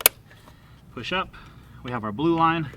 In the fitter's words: down so we'll make sure it seats all the way you hear a click push